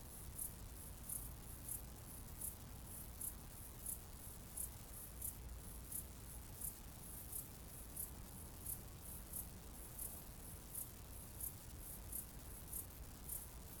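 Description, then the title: Cicada call: short, very high hissing pulses repeated steadily about every 0.7 seconds over a constant low rumble. "jsfanclub_cicade"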